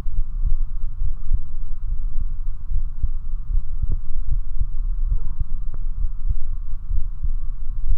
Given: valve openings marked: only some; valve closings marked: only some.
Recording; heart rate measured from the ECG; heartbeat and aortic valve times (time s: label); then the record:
heart sounds by stethoscope; 70 bpm
0.17 s: heartbeat (ECG mark)
1.04 s: heartbeat (ECG mark)
1.91 s: heartbeat (ECG mark)
1.96 s: aortic valve opens (echo mark)
2.74 s: heartbeat (ECG mark)
2.81 s: aortic valve opens (echo mark)
3.53 s: heartbeat (ECG mark)
3.61 s: aortic valve opens (echo mark)
4.31 s: heartbeat (ECG mark)
4.38 s: aortic valve opens (echo mark)
4.61 s: aortic valve closes (echo mark)
5.10 s: heartbeat (ECG mark)
5.18 s: aortic valve opens (echo mark)
5.41 s: aortic valve closes (echo mark)
6.00 s: heartbeat (ECG mark)
6.09 s: aortic valve opens (echo mark)
6.94 s: heartbeat (ECG mark)
7.01 s: aortic valve opens (echo mark)
7.90 s: heartbeat (ECG mark)
From the record:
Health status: healthy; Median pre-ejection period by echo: 71 ms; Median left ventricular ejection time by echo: 231 ms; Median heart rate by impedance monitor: 69 bpm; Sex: male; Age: 29 years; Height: 170 cm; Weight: 92 kg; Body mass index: 31.83